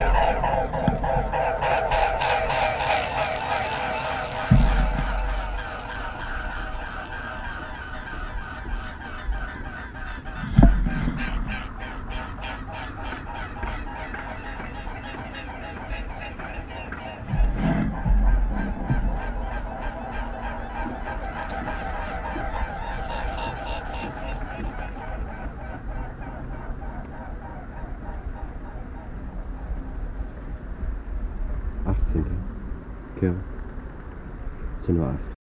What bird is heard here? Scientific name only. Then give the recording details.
Cygnus olor. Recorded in the wild. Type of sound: call. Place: Zingst, Insel Kirr, Mecklenburg-Vorpommern, DE. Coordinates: 54.421, 12.709. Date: 1978-10-18 10:08. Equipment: Nagra III BH, Sennheiser MD 21, parabola. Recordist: Schubert, Michael. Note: Sechs alte Höckerschwäne fliegen vorbei